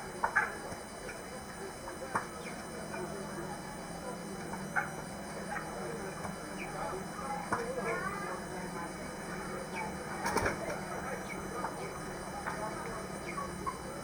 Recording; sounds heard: poultry house recording; healthy chickens